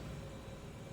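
A microchip implanter is held with its needle pushed in between a dog's shoulder blades, its plunger about to dispense the chip under the skin. Only a steady, broadband background hum with low rumble and a faint tone near 500 Hz is heard for the full second. Nothing has clicked or been dispensed yet.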